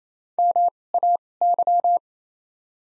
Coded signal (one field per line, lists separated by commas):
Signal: Morse code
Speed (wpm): 27 wpm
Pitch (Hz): 700 Hz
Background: none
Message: M A Y